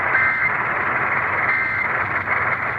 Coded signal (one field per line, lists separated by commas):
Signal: Emergency Alert System (SAME) tones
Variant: end-of-message bursts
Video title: MODERATE RISK ALERTS... EAS Alerts from 12/15/2021 (EAS #905 - 915)